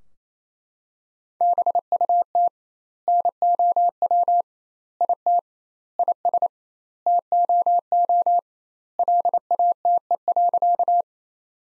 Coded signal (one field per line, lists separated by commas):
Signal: Morse code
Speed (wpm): 28 wpm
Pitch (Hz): 700 Hz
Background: none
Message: BUT NOW IT IS TOO LATE.